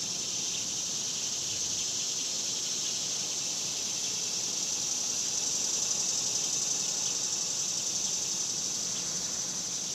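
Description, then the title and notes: Cicadas in a dense chorus, a steady high-pitched shimmering buzz that holds throughout with slight swells in loudness, over a faint low background rumble. Cicadas outdoors in summer in the suburbs. "Ext Summer Cicadas, Suburbs by Bandeto"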